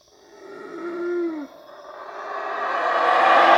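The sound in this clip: Black howler monkey giving a drawn-out tonal moan that drops at its end, then a rough roar swelling steadily louder.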